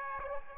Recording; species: mosquito wingbeat signal from an infrared sensor; Aedes aegypti